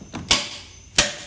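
A torque wrench set to 220 ft-lb checks the harmonic balancer bolt in the crankshaft of a Buick 401 Nailhead engine sitting on a pallet on an engine hoist. A faint tap comes first, then the wrench gives two sharp clicks at 0.3 s and 1.0 s, each fading quickly. Both clicks show the bolt is at its 220 ft-lb setting.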